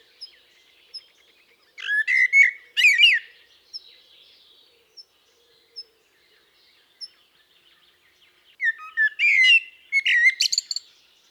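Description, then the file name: Common blackbird song: two bursts of low fluted warbling phrases, each ending in high squeaky twittering, separated by a quiet gap with scattered faint high notes. "Turdus merula"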